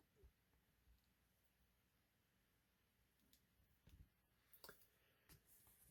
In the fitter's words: And luckily enough, it snaps in place.